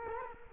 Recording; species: mosquito wingbeat signal from an infrared sensor; Culex quinquefasciatus